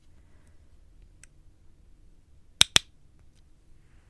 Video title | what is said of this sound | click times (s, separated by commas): A💤MR on Zed Digital - Episode 11 (soft spoken ASMR, reading, toy bricks, guided meditation, piano) | That was a satisfying click. | 2.6 s, 2.8 s